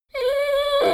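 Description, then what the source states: Dogo Argentino giving a brief, steady high-pitched whine lasting under a second, ending with a slight wavering break. Whine described as sad.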